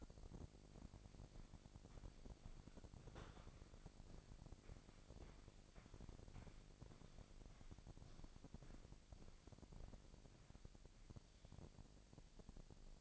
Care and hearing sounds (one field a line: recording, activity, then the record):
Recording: daily activity, microphone in the room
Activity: walk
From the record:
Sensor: 5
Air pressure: 1001.7 hPa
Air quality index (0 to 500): 183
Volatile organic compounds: 12 ppm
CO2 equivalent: 2354 ppm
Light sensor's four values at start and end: 32/105/40/42 and 32/105/40/42